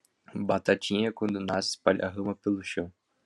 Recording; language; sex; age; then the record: short text; Brazilian Portuguese; male; 18 to 19 years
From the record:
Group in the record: control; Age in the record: 18 years